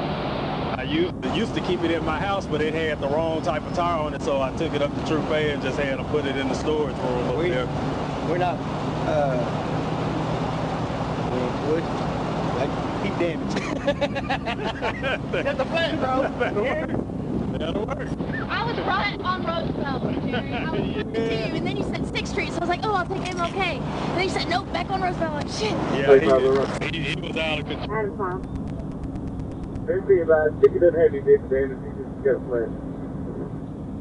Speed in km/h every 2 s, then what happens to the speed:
0, 0, 0, 0, 0, 0, 0, 0, 0, 0, 0, 0, 0, 0, 0, 0, 0.
0-34 standing.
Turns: none.